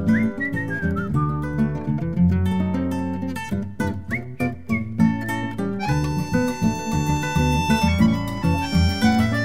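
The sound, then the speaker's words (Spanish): A person whistles a high, bright melody over a full band accompaniment, the whistled phrases sliding and holding notes above steady rhythmic music. “Yo silbo y contesto, chiflidito silbador”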